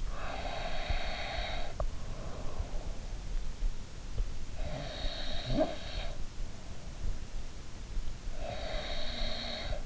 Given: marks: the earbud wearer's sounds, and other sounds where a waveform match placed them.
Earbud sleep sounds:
sounds in sleep by an in-ear microphone; snoring breath
0.08-3.06 s: snoring breath
4.58-6.19 s: snoring breath
8.30-9.86 s: snoring breath

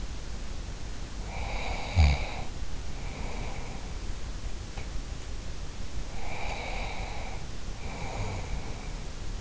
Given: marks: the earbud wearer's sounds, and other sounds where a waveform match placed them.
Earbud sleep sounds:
sounds in sleep by an in-ear microphone; snoring breath, breath
0.89-4.42 s: snoring breath
5.67-9.41 s: breath

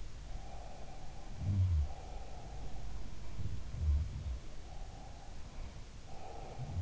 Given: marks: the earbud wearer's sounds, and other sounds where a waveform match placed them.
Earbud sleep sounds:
sounds in sleep by an in-ear microphone; breath
0.15-2.96 s: breath
1.29-4.46 s: sound from someone else or the room
4.59-6.82 s: breath

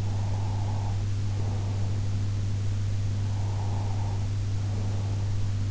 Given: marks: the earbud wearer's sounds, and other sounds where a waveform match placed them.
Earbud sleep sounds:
sounds in sleep by an in-ear microphone; breath
0.00-2.37 s: breath
3.11-5.48 s: breath

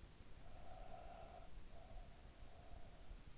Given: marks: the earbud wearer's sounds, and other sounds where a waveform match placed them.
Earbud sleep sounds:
sounds in sleep by an in-ear microphone; breath
0.38-3.31 s: breath

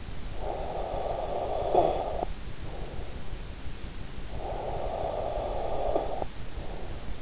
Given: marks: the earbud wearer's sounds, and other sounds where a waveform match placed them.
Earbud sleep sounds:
sounds in sleep by an in-ear microphone; snoring breath
0.19-3.22 s: snoring breath
4.19-7.22 s: snoring breath

